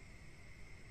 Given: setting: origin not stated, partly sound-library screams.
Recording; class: one-second piece from a danger detection set; normal situation